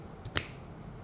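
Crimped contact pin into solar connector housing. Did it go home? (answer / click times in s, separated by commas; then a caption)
yes / 0.4 s. A crimped contact pin is pushed into a plastic MC4 solar connector housing after the sealing ring has been put on. A faint tick at 0.3 s is followed by a sharp, bright click at 0.4 s as the pin seats in the housing.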